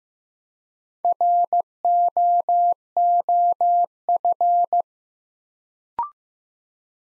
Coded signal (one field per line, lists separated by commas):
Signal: Morse code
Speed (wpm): 15 wpm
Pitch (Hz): 700 Hz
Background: none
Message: ROOF